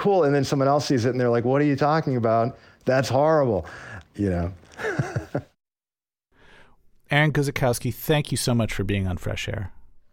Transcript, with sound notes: And then someone else sees it, and they're like, what are you talking about? That's horrible, you know? (Laughter).
Aaron Guzikowski, thank you so much for being on FRESH AIR.